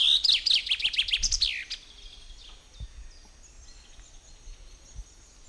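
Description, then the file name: Common chaffinch singing a fast cascade of sharp notes that drop in pitch and finish with a short flourish, followed by quiet background with faint chirps. "Fringilla coelebs"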